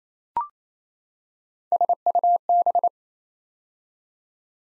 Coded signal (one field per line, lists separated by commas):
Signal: Morse code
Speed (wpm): 29 wpm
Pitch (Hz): 700 Hz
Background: none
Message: SUB